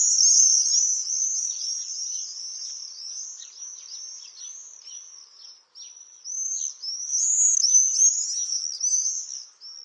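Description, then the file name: Common swift screams, high thin trilled notes in quick succession, a short lull past the middle, then a louder burst of screaming. "Jerzyk"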